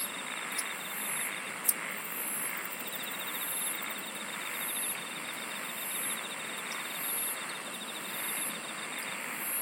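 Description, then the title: Insect chorus of high pulsed bursts repeating over a steady whine and a fast ticking trill, with two brief clicks early on. "SINGING OF INSECTS"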